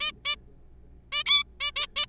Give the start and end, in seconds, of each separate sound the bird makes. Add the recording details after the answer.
0.01-0.12, 0.25-0.36, 1.12-1.23, 1.26-1.43, 1.60-1.71, 1.76-1.86, 1.96-2.06. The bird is a juvenile. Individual R3428